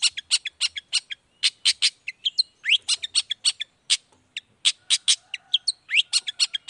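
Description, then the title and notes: Long-tailed shrike song: dense, varied stream of harsh, high chips and rising whistled notes, delivered rapidly with short gaps. Morning song with a 'toet toet' variation, played to provoke other long-tailed shrikes into responding. "Cendet Gacor Dor Di Kala Pagi Toet Toet Variasi Suara. Burung cendet"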